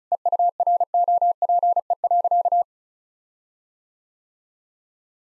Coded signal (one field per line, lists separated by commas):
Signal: Morse code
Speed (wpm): 34 wpm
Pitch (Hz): 700 Hz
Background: none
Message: EUROPE.